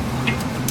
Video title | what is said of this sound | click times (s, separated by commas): Jeep Cherokee Tie Rod Replacement/Upgrade | and like that you'll hear that click | 0.7 s